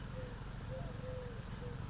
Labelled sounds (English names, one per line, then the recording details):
Eurasian Collared Dove
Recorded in Sonoma County, California